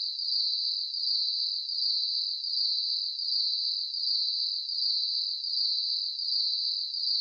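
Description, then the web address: Cricket chirps in a high, even pulsing stream, repeating roughly eighty times a minute without pause; nothing else is heard. Crickets chirping at night. "Sound Effects-Blast Wave SSFX Crickets. ambience crickets chirps night insects bugs surround sound"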